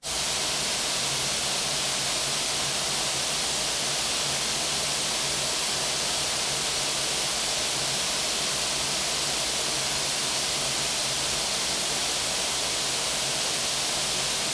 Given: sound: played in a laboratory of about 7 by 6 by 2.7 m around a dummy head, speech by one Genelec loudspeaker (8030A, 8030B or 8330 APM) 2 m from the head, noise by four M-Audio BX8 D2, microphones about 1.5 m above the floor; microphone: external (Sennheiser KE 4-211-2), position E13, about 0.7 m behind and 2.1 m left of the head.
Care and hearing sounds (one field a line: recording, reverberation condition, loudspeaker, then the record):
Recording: white noise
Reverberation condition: high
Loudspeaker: four, about 170 cm from the corners of the room and facing them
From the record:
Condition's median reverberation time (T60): about 1300 ms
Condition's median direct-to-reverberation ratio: about -4.0 dB